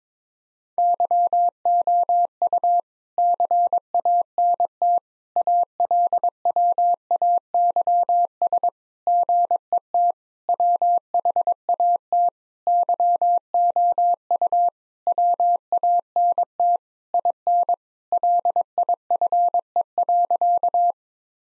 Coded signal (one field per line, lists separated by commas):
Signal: Morse code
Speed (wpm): 21 wpm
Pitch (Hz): 700 Hz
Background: none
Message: YOU CANT ALWAYS GET WHAT YOU WANT IN LIFE.